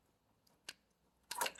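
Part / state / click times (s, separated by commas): connector into its mating socket on a car / not seated / none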